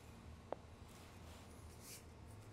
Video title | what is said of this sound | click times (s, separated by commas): CB-31 Plate Loaded Arm Curl and Triceps Machine: Assembly - Valor Fitness | it's clear we're going to slide it down so you hear that click and | 0.5 s